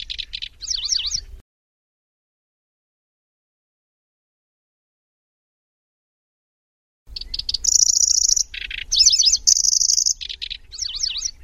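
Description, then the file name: Grasshopper warbler song with short high insect-like reels, harsh lower buzzes and warbled sweeps, a brief phrase at first, then silence before a longer burst. "suara kicauan burung kecici belalang. omkicau"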